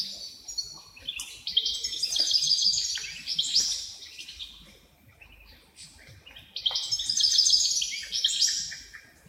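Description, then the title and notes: Wrens singing in two bursts of high, fast, tinkling trills and chips, with a quieter stretch of scattered high notes between them. Dozens of wrens in the backyard of a home in Dover, southern Tasmania. "Nature Sounds Tasmania - Dover Wrens. The sounds of dozens of wrens in the backyard of a home in Dover, southern Tasmania"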